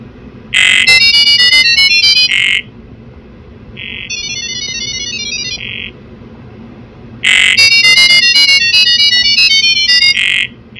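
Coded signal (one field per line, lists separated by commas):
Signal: data over sound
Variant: GGWave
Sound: three rapid bursts of chirpy multi-tone beeping, like a fast melodic modem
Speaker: fancy switching to gibber link mode for a faster chat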